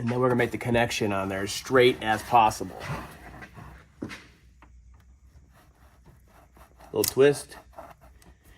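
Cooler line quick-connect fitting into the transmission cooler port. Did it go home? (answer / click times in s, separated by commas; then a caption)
yes / 7.8 s. A transmission cooler line on a 2009-2014 Ford F-150 with the 6R80 six-speed transmission is lined up on the transgel-coated fitting nipple, given a little twist and pushed into the cooler port while someone talks. Faint scrapes and taps follow, then a sharp click at 7.8 s as the quick-connect seats and locks, and the line is tugged to check it holds.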